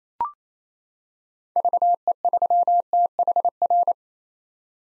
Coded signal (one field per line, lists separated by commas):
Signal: Morse code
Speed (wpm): 27 wpm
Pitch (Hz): 700 Hz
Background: none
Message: VE3THR